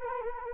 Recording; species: mosquito wingbeat signal from an infrared sensor; Anopheles arabiensis